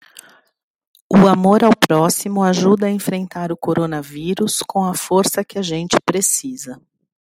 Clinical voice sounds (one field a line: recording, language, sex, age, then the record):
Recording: spoken sentence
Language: Brazilian Portuguese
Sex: female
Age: 40 to 49 years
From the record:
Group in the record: control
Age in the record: 42 years